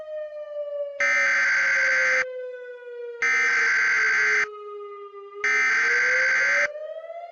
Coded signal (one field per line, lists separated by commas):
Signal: Emergency Alert System (SAME) tones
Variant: header bursts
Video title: EAS Mock: PDS Severe Thunderstorm Warning